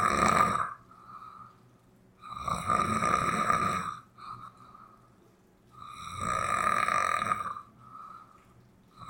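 Loud, harsh rattling snores from an adult sleeper come in long surges about every four seconds, roughly 15 breaths a minute, each with a steady whistling edge. Quieter, softer breathing sounds fall between them. This is ordinary snoring.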